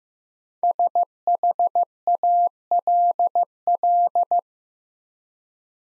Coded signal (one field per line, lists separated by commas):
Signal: Morse code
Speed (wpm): 15 wpm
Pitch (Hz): 700 Hz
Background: none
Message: SHALL